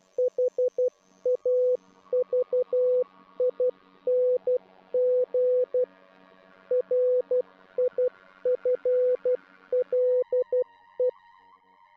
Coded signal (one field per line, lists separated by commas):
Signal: Morse code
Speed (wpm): 12 wpm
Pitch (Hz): 500 Hz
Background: music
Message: HAVING RIFLE